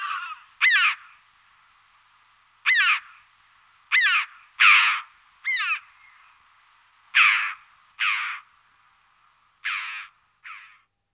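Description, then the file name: Red-billed chough calls: about ten harsh, ringing, downward-slurred notes given singly at irregular intervals, with a quiet background. "Kavce cervenozobe Pyrrhocorax pyrrhocorax"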